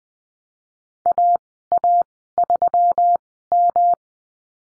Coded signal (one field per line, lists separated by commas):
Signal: Morse code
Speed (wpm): 20 wpm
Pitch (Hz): 700 Hz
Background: none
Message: A A 3 M